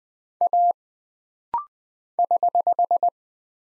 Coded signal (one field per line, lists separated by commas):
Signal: Morse code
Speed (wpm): 20 wpm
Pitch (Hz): 700 Hz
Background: none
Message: A <HH>